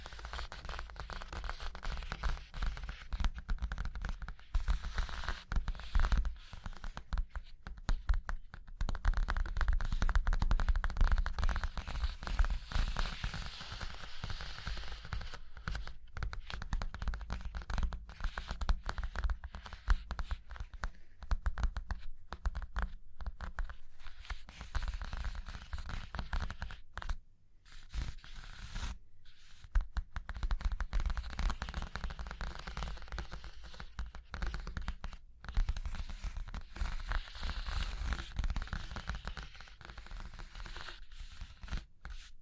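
Fingers tap, scratch and trace over a surface in a dense, continuous stream of crisp, bright clicks and rasps. The texture stays fairly even, with a low rumble underneath and a few brief pauses around 27 and 29 seconds.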